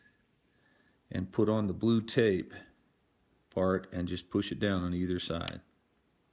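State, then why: Not seated. A battery compartment part is being fitted into an Apple Wireless Keyboard, pushed down on either side using something flat on the blue tape part. Someone talks in two stretches, from about 1.1 to 2.7 seconds and from 3.6 to 5.6 seconds. Nothing has seated or clicked yet when the clip ends.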